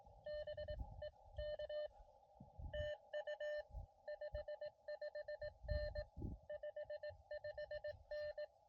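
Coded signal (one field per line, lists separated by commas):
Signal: Morse code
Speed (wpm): 22 wpm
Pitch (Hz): 590 Hz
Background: none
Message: BE K TU 55N 55N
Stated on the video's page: CW POTA park activation on an Elecraft KX2 with a Chelegance MC-750 antenna and a Pico paddle.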